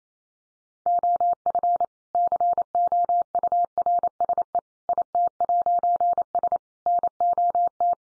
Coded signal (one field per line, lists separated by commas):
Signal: Morse code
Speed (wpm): 28 wpm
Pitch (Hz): 700 Hz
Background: none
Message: OF COURSE IT'S NOT